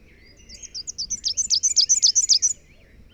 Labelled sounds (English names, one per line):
Rufous-capped Warbler song